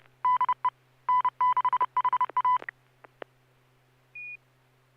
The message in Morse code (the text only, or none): DE N6HA